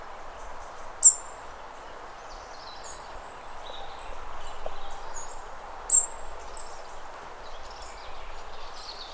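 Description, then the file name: European robin calls: thin, very high notes sharply at about one and six seconds, with scattered short high notes in between, over a steady background hiss. "Erithacus rubecula"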